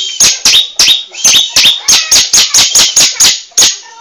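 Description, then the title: Bar-winged prinia song: fast, steady string of piercing high chirps, several per second. "Suara Burung Ciblek"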